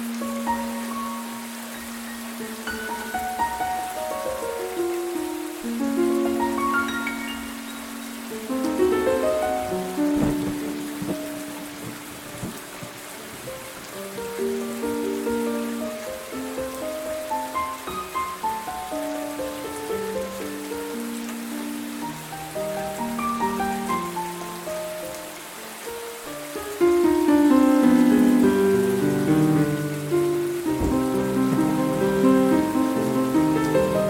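Gentle music plays over a steady bed of falling rain, with soft melodic lines drifting through low and middle pitches. The rain hiss stays constant while the music swells noticeably louder and fuller from about 26 seconds onward.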